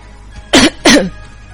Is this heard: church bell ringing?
no